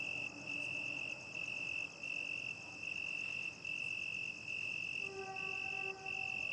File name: Night time crickets distant dogs and traffic ambience